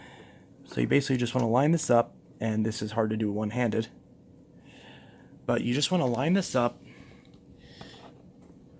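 Someone talks while lining up the plastic hose end with the hose port on the body of a Bissell PowerLifter Pet (2019) bagged upright vacuum, one-handed, before twisting it clockwise to lock. Only faint handling noise is heard between the speech, including a small tick near 7.3 s. Nothing has clicked or seated yet.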